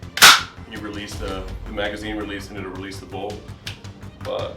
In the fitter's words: version here it locks into place without a magazine